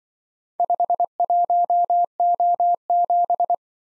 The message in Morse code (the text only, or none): 51O7